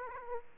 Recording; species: mosquito wingbeat signal from an infrared sensor; Aedes aegypti